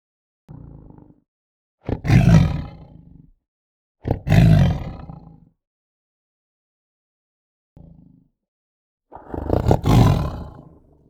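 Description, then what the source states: Tiger growling in deep, rasping bursts: two short low rumbles and three loud harsh growls, each lasting about one to two seconds, with silence between. Growl described as tense and hard.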